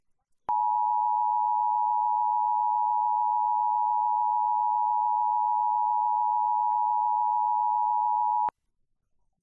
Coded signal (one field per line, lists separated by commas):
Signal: Emergency Alert System (SAME) tones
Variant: 853 and 960 Hz attention tone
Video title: 2019 Kentucky Tornado Drill - WKYT-TV EAS Activation - 3/6/2019 10:09am